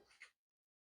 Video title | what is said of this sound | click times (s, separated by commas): ORNAMENTS VIDEO...9947832444 | കയ്യിൽ ഒന്ന് വെച്ച് കാണിക്കാം കേട്ടോ ദാ ഇതുപോലെയാണ് ലോക്ക് വരുന്നത് | 0.2 s